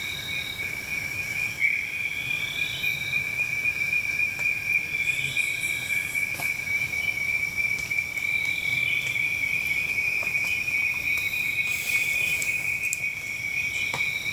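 Insects call in a continuous, even trill, one high, thin buzzing note that holds steady for the whole stretch without pause. Faint brief chirps and ticks flicker above it now and then, especially near the end, over a soft low outdoor hush.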